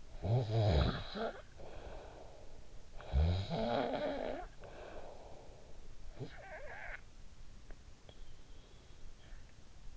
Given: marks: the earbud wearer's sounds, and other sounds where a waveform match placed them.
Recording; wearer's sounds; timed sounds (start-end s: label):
sounds in sleep by an in-ear microphone; snoring breath
0.00-7.29 s: snoring breath